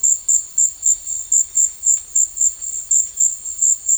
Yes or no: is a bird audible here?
no